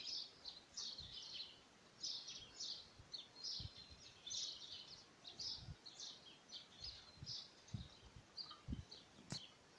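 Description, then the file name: Bird song, a steady series of high bright chirps, with soft low thumps and background rustle. "Voegel"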